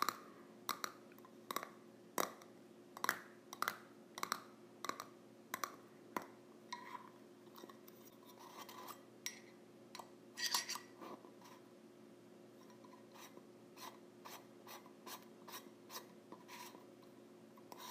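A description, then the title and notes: A tin lid is worked against its container in a run of short, sharp scrapes and clicks, fast and regular at first, then sparser and softer after the middle. A steady low hum sits underneath throughout. ASMR Lid of a Tin Container.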